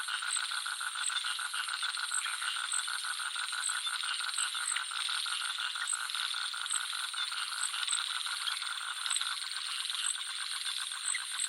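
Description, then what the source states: Frog giving dense, rattling croak trains without pause, beneath a constant high-pitched buzz of crickets and other insects. Jungle nature soundscape with frogs and crickets.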